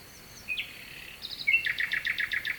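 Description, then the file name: Nightingale song: a few soft whistles and a sharp note, then a fast rhythmic series of rich repeated pulses, with a constant faint background of flowing water. Nightingale singing at night with a distant stream, recorded at Kovachevitsa, Bulgaria. "Noshten slavej i dalechen potok (s Kovachevica)"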